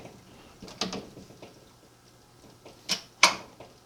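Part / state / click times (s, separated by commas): control valve assembly onto aquarium canister filter / seated / 3.2 s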